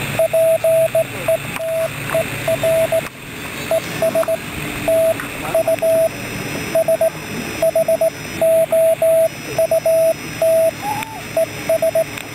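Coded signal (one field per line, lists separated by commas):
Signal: Morse code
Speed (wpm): 18 wpm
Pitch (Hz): 650 Hz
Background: radio noise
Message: PETER ES TU SHOUT ES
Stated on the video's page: Automatic CQ caller built on an Arduino, keying a 40 metre QRP transceiver through a reed relay, later replaced with an optocoupler.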